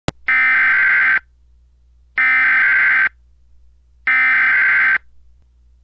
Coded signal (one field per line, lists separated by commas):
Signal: Emergency Alert System (SAME) tones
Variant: header bursts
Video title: EAS Mock Clark County, ID Tornado Warning